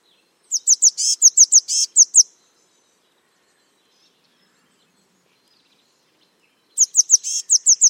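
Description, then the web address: Eurasian blue tit calls come in two short bursts of sharp, high ticking notes mixed with buzzy churrs, separated by roughly four and a half seconds of silence. "Deverinetal 2025 File origin Bird Only Cy Ca"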